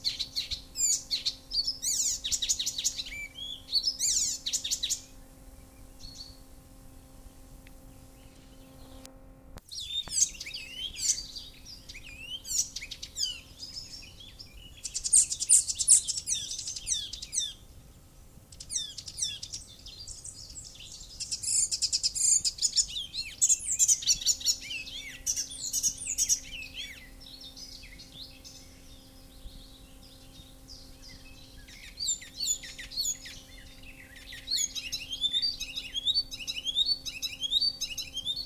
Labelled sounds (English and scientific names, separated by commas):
Icterine Warbler (Hippolais icterina) song